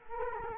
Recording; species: mosquito wingbeat signal from an infrared sensor; Culex quinquefasciatus